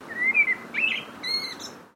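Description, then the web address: Blackbird calls: a thin whistled note, a short rising slurred note, then a brief harsher note with overtones, all within two seconds. "Sound Effects-Foundation 1 BIRD BLACKBIRD CALL"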